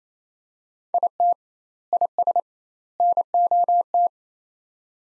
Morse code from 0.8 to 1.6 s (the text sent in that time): IT